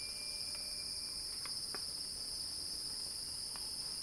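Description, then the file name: Cicadas droning in a steady, high, shimmering buzz with two strong bands, unbroken throughout, with a few faint short clicks and a thin whistle-like tone underneath. Cicada song building as a crescendo. "earth-fm Axel-Drioli Cicada-Crescendo-Sounding-Wild"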